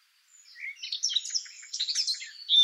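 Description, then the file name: Eurasian blackcap giving a brief, busy warble of scratchy high notes that builds to a louder ending. "Sylvia atricapilla"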